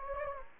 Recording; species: mosquito wingbeat signal from an infrared sensor; Anopheles gambiae